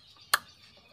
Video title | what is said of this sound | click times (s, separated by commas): Fungsi & cara kerja ISC mobil EFI | oke, sudah bunyi klik seperti itu. | 0.3 s